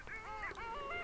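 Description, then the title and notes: Long-tailed Duck calls, several overlapping nasal, wavering tones with rising and falling pitch bends, packed into about a second. "Alli. Pertti Koskimies"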